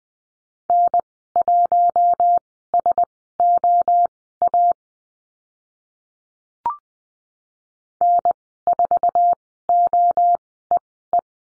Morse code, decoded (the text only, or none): N1SOA N4OEE